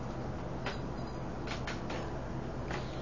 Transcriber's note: ringing and clicking sounds